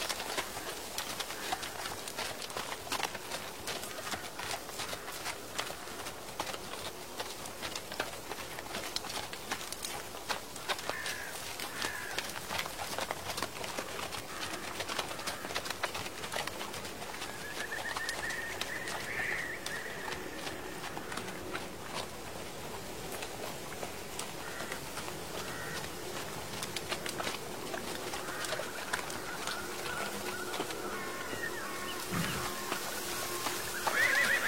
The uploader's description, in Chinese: 秋天古道夕阳下的马蹄声、落叶声、远处的深山鸟鸣和古寺钟声